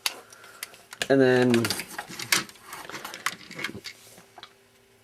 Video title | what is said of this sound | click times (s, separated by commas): 1993 Mighty Morphin Power Rangers Dino Megazord Review | can do that and then just move it around until it snaps into place and then | 0.1 s